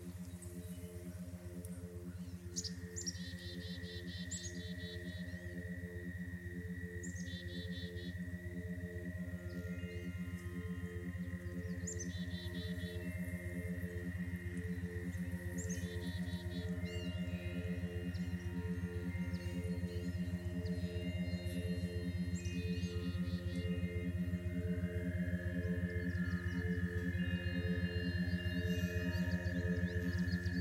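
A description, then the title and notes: Frogs at Miner's Marsh keep up a dense, rapid pulsing drone, low and buzzing, that holds steady and grows slightly louder across the half minute. A thin sustained whine runs above it, while brief bright chirps break in every few seconds. This thought experiment uses a carrier frequency of 87.3 Hz - the key of F, and produces a theta binaural of 6.2 Hz. The track uses a personal favorite field recording "Frogsong at Miner's Marsh" with the operatic crooning of green frogs recorded in the Annapolis Valley, Nova Scotia.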